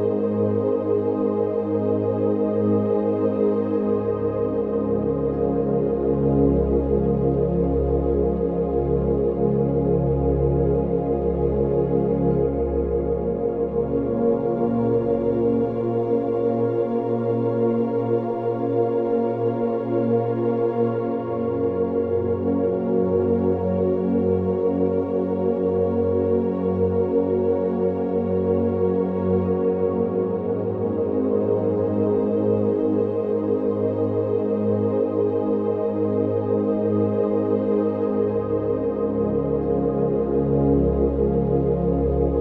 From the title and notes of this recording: 62 HZ Gamma Waves for Focus and ADHD - Binaural Beats.